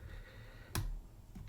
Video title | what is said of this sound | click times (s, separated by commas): Three Bones Deep Hook Lock Pick Set - Bare Bones Lock Picking | time click off pin one there. There we go. | 0.8 s